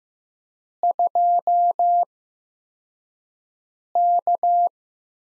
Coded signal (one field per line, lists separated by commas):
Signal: Morse code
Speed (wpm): 15 wpm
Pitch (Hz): 700 Hz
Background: none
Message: 2K